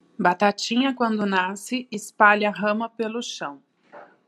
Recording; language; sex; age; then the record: short text; Brazilian Portuguese; female; 30 to 39 years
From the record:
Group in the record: control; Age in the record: 38 years